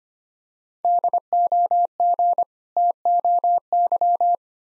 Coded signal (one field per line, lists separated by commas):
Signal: Morse code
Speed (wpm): 25 wpm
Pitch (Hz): 700 Hz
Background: none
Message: DOG TOY